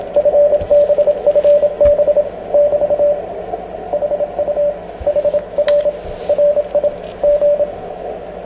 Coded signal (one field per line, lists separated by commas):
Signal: Morse code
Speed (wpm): 26 wpm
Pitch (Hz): 580 Hz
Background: radio noise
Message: FB FB <BT> HU HR RI G